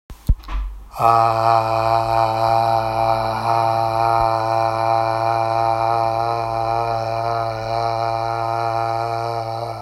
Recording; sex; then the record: sustained vowel /a/; male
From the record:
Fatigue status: fatigue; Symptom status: symptomatic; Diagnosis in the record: COVID-19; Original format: m4a